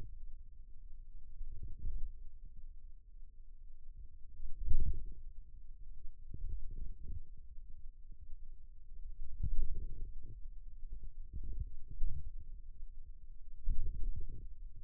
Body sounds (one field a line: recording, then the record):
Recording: forearm muscle sounds (acoustic myography)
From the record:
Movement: wrist flexion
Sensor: system 2, bracelet of six BSWA MPA416 microphones around the upper forearm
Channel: 1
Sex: male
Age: 22 years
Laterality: right